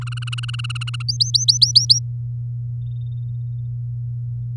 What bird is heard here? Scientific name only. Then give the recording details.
Serinus canaria. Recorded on 9 May 2018 at 07:22. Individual llb16